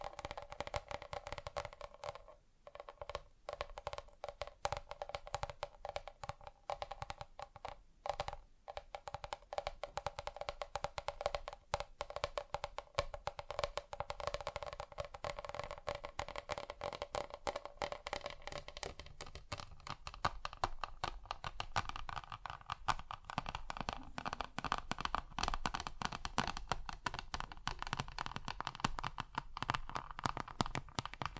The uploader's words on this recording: ASMR Just Tapping (Different Surfaces No Talking).